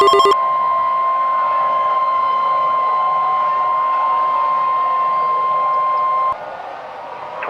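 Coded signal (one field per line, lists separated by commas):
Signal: Emergency Alert System (SAME) tones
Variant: 1050 Hz attention tone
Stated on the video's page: Recreation of a fictional EAS scenario for an EF6 tornado, redone from another creator's original.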